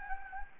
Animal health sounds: mosquito wingbeat signal from an infrared sensor; Anopheles gambiae

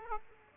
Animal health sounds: mosquito wingbeat signal from an infrared sensor; Aedes aegypti

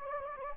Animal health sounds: mosquito wingbeat signal from an infrared sensor; Anopheles gambiae

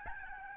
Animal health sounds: mosquito wingbeat signal from an infrared sensor; Aedes albopictus

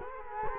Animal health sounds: mosquito wingbeat signal from an infrared sensor; Culex quinquefasciatus

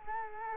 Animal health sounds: mosquito wingbeat signal from an infrared sensor; Culex quinquefasciatus

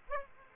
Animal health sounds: mosquito wingbeat signal from an infrared sensor; Aedes aegypti

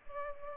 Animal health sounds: mosquito wingbeat signal from an infrared sensor; Culex pipiens

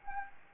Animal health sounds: mosquito wingbeat signal from an infrared sensor; Anopheles gambiae

